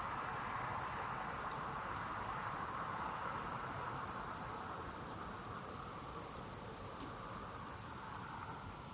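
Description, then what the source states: Crickets chirping in a dense, high-pitched chorus of rapid pulses that continues without a break. Crickets chirping at sunset.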